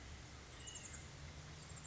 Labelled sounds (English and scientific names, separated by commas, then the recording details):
White-breasted Nuthatch (Sitta carolinensis)
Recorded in Sonoma County, California